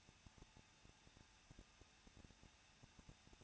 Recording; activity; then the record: daily activity, microphone in the room; no activity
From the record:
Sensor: 2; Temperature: 21.0 degrees Celsius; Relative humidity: 37.5%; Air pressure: 1006.3 hPa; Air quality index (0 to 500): 222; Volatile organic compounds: 24 ppm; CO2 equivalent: 2823 ppm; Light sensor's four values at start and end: 2/3/2/2 and 2/3/2/2